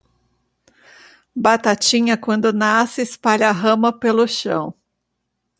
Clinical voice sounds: short text; Brazilian Portuguese; female; 50 to 59 years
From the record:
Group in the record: control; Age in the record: 58 years

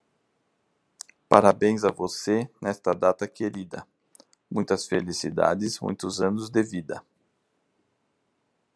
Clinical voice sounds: short text; Brazilian Portuguese; male; 40 to 49 years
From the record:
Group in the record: control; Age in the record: 49 years

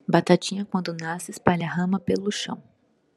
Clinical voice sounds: short text; Brazilian Portuguese; female; 30 to 39 years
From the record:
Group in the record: control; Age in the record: 38 years

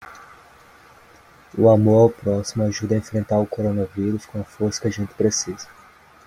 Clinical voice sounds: spoken sentence; Brazilian Portuguese; male; 18 to 19 years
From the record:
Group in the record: control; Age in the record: 18 years

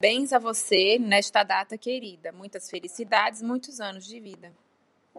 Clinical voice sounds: short text; Brazilian Portuguese; female; 30 to 39 years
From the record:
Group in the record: control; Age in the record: 35 years

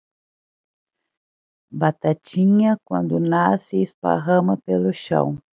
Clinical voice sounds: short text; Brazilian Portuguese; female; 40 to 49 years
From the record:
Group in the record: control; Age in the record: 48 years

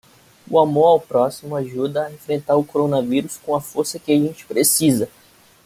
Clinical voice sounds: spoken sentence; Brazilian Portuguese; male; 20 to 29 years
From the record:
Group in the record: control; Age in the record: 26 years

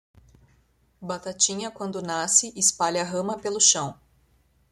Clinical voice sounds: short text; Brazilian Portuguese; female; 30 to 39 years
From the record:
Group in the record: control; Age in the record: 31 years

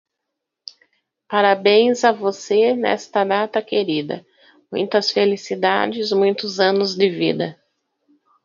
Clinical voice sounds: short text; Brazilian Portuguese; female; 30 to 39 years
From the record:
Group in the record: control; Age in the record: 38 years

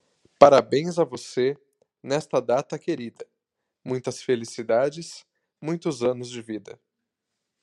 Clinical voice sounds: short text; Brazilian Portuguese; male; 30 to 39 years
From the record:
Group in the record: control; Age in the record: 34 years

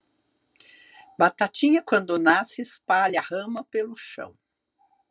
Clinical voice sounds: short text; Brazilian Portuguese; female; 60 to 69 years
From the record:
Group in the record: control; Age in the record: 67 years

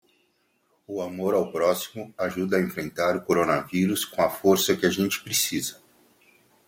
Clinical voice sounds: spoken sentence; Brazilian Portuguese; male; 50 to 59 years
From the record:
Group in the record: control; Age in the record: 50 years

